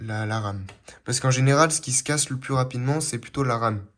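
A RAM module is handled before being pushed into its motherboard memory slot in a 2011 Dell OptiPlex 790 being upgraded. Someone talks throughout the clip. Nothing has seated or clicked yet.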